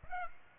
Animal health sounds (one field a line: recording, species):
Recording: mosquito wingbeat signal from an infrared sensor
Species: Aedes aegypti